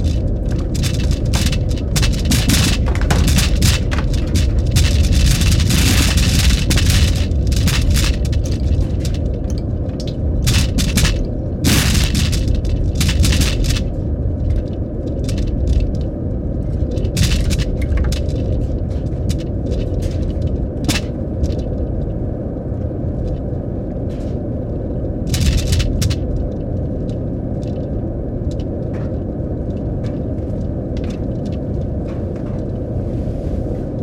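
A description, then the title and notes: A dense, steady low rumble runs throughout, broken by sharp bright crackles and clicks, thickest in the first fifteen seconds, then sparser. Film tins filled with objects including nails, tacks, ball bearings and other miscellaneous objects. The film tins were then equipped with piezo microphones plugged into amps then placed atop upward facing speakers. Evolving frequencies were then mixed into the speakers in order to vibrate and stimulate the film tins and their contents at varying intensities. Field recordings, synth tones and feedback.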